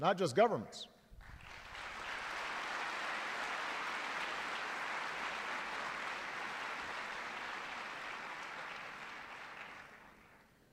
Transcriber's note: applause